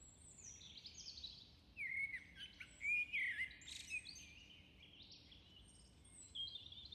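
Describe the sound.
Blackbird song in short bursts of mellow whistled notes, broken by pauses, with a few thin high squeaky notes mixed in.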